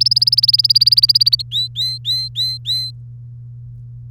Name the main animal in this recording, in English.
Domestic Canary